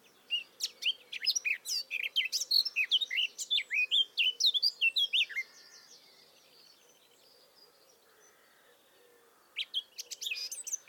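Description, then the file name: Eurasian blackcap singing a hurried, scratchy-to-fluty warble for about five seconds, a long pause, then a new burst of song starts. "Sylvia atricapilla"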